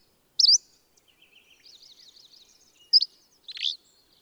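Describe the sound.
Bird song with a loud high chirp, a soft rapid twittering trill, another sharp chirp, and a final harsher buzzy note.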